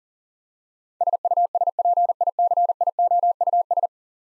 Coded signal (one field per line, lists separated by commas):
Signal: Morse code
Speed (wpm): 40 wpm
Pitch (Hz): 700 Hz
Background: none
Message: SUSPICIOUS